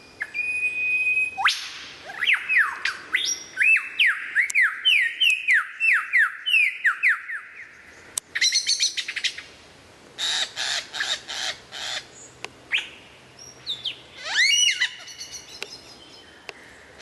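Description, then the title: White-rumped shama song opening with a series of descending whistled slurs, then rapid chattering bursts and a final rising whistled note. Described as the best murai batu of 2014, used for mastering (song training). "mster Mnuk. Mastering Murai Batu Terbaik 2014"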